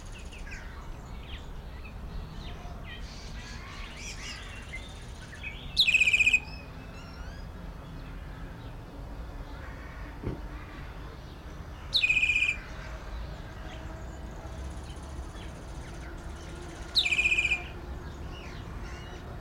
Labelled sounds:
Scarlet-headed Blackbird
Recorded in captivity
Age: adult
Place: Zoo Berlin, Berlin, DE
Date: 1993-03-20 13:07
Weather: 5-8°C, böiger Wind
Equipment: Marantz CP 430, Sennheiser ME 80, Kopie Uher Variocord 263
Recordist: Tembrock, Günter

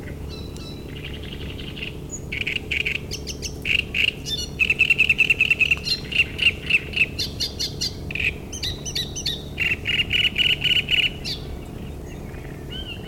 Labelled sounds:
Great Reed Warbler
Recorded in the wild
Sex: male
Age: adult
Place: Müggelsee, Berlin, DE
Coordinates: 52.43, 13.64
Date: 1991-06-07 19:40
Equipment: Uher 4400 Report Monitor, Sennheiser ME 80, K 30 AV
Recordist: Fischer, Stefan

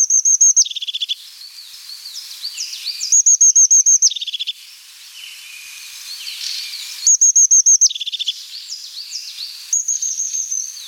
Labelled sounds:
European Crested Tit song
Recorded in the wild
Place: St. Peter, Hochschwarzwald / Potsdamer Platz, Baden-Württemberg, DE
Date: 1993-03-21
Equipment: Dat-Recorder Casio DA 7, Telinga DAT, Telinga-Parabolspiegel
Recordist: Schwarz, Dieter
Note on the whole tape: Song

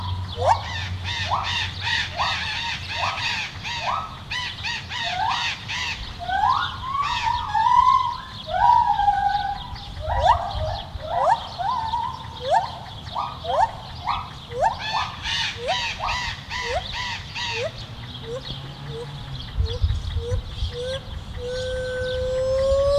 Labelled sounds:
Lar Gibbon call
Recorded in captivity
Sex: group
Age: adult
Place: Tierpark Berlin, Berlin, DE
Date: 1973-07-12
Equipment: Nagra IV-L, Scotch-Band
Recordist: Altmann, Dagmar

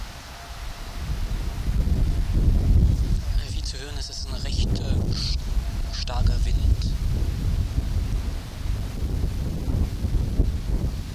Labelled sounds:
Red Deer rut call
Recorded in the wild
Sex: diverse
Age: adult
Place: Banff National Park, Rocky Mountains, Alberta, CA
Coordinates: 51.1781, -115.556
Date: 1991-09-19 20:15
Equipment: Sony WM-D6C, Sony ECM-939 LT (Stereo), Kopie Uher 4400 IC
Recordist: Frommolt, Karl-Heinz
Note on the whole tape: Tunnel Mountain Village I Campground: Brunftrufe. 2 Männchen rufend - ungeschnittene Aufnahme. Rufe der Hirschkuh (fiepende Laute). Hirsch mit einer Kuh. Geweihwetzen. Distanz minimal 20 m (Großteil der Aufnahme)

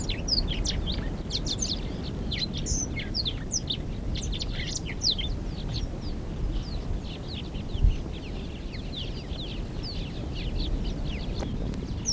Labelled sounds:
Chestnut-backed Sparrow-Lark call
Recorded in the wild
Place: Etosha National Park, Etosha-Pfanne, Oshikoto
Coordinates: -18.8565, 16.3329
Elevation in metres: 1087
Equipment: Halbspur, 9,5 cm/s
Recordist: Lütgens, Hans

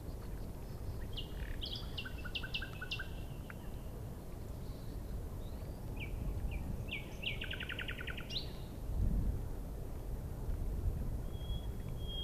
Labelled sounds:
Sedge Warbler song
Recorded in the wild
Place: Schwedt/Oder, Nationalpark Unteres Odertal, Brandenburg, DE
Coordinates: 53.1126, 14.3726
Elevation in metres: 1
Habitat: bush
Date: 2015-04-23 03:56
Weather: clear, 3°C, almost windless
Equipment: Sound Devices 702, Sennheiser MKH 70, Rycote Windschutz
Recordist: Frommolt, Karl-Heinz

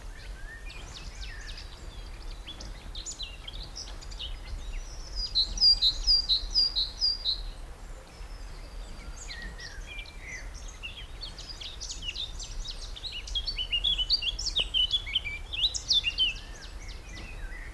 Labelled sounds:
Eurasian Blackcap
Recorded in the wild
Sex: male
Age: adult
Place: Lychen, Brandenburg, DE
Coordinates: 53.21, 13.32
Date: 1995-04-22 17:45
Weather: heiter, 23°C, böiger Wind
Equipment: Marantz CP 430, Sennheiser ME 80, Kopie Uher 4000 Report Monitor
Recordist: Tembrock, Günter

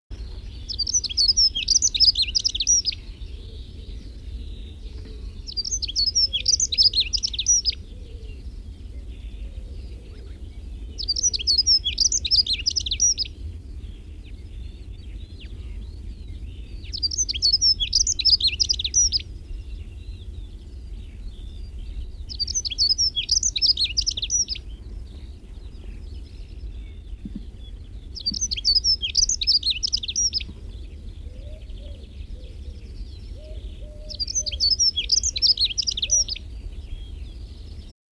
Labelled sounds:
Dunnock song
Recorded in the wild
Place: Groß Banzelvitz, Insel Rügen, Mecklenburg-Vorpommern, DE
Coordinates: 54.52, 13.407
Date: 1974-04-06
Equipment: Nagra III BH, Sennheiser MD 21, parabola
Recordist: Schubert, Michael
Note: Gesang Heckenbraunelle

